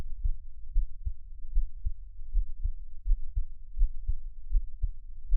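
An adult's own heartbeat heard through a close microphone, with frequent skipped beats.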